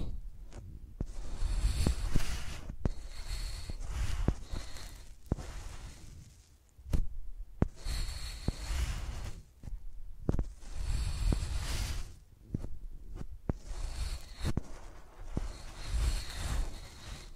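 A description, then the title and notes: Microphones used as pencils, rasping and scratching across a surface in strokes of one to three seconds, separated by brief pauses. Sharp taps and clicks punctuate the strokes, and a low rumble persists throughout. Using Mics as Pencils (No Talking).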